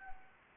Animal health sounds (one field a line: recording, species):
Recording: mosquito wingbeat signal from an infrared sensor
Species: Anopheles arabiensis